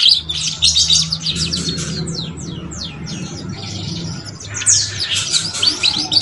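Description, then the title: Canary song with quick sweeping whistles and rolling trills, a short lull near four seconds, then another bright burst of rapid notes; low hum underneath. Young canary song, used as a lure to warm up Belgian canaries and get young canaries singing and chirping quickly. "Canto Para Esquentar Canário Belga. SUARA KENARI PAUD CUIT CUIT BELAJAR BUNYI - pancingan kenari paud muda agar cepat bunyi dan ngeriwik"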